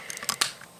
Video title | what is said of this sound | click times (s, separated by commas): LEGO Tutorial - How To Make A Two Seater Convertible Sports Car | Snap right in place. | 0.3 s, 0.4 s